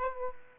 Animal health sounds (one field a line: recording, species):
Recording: mosquito wingbeat signal from an infrared sensor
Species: Aedes aegypti